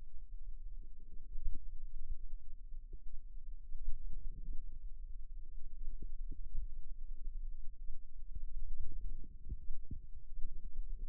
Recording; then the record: forearm muscle sounds (acoustic myography)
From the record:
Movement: wrist flexion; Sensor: system 2, bracelet of six BSWA MPA416 microphones around the upper forearm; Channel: 1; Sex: female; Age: 22 years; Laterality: right